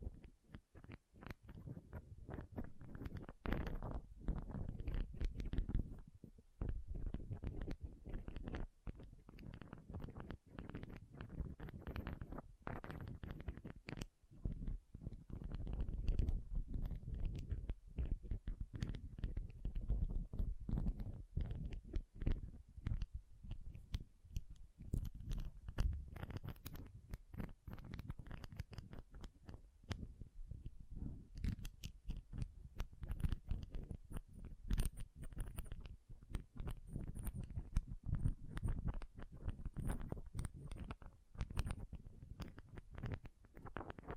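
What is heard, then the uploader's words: Pom poms are squished and rubbed in a steady, busy stream of soft rustling and crackling that fills the whole clip. The sound sits mostly low and muffled, with quick dense crunches and occasional brighter crackles, and no other sounds stand out. ASMR Ultimate Pom Pom Tingles (No Talking).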